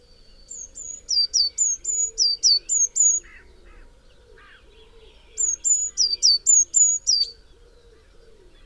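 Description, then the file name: Eurasian Blue Tit giving two bursts of high, thin notes, a downslurred note alternating with a flat whistle, with soft lower twitters between. "Cyanistes caeruleus"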